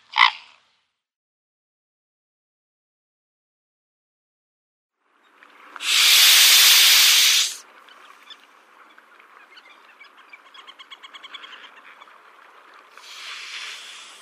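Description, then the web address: Mute swan hissing, one short sharp note then a long loud breathy hiss lasting about one and a half seconds, followed by softer rustling and a second fainter hiss. "Schulze Peter Mute Swan"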